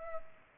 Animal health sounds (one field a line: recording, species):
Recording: mosquito wingbeat signal from an infrared sensor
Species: Culex pipiens